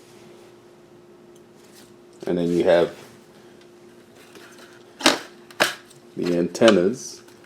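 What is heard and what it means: Antenna elements are handled against the plastic mounting grooves on the base of a Clearstream 2 Max TV antenna while someone talks. Sharp plastic knocks are heard around 5.1 and 5.6 seconds. Nothing has seated or clicked into place yet.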